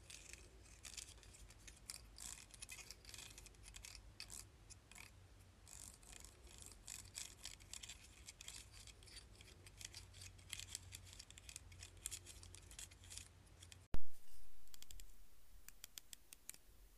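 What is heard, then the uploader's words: A plastic claw clip is handled for about fourteen seconds, giving a dense, irregular run of small clicks and scratchy rattles over a low hum. At fourteen seconds a single loud snap rings out and fades, followed by a few faint clicks. ASMR Claw Clip.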